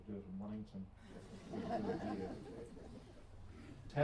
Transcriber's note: chuckles